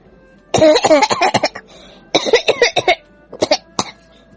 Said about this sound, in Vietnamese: Đạo trưởng bị sặc không ngừng ho khan, tiếng ho khan này còn kèm theo nữ tử cười đùa.